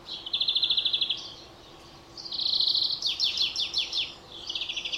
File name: Chloris chloris